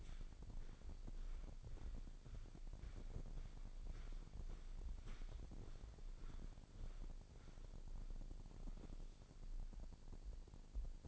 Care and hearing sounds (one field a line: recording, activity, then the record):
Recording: daily activity, microphone in the room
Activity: walk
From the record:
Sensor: 5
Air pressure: 1009.4 hPa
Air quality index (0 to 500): 142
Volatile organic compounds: 2 ppm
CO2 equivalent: 1101 ppm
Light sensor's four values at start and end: 309/728/315/351 and 309/728/315/351